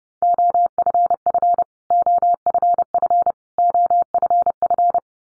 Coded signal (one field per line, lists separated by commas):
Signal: Morse code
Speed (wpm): 30 wpm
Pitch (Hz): 700 Hz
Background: none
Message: OFF OFF OFF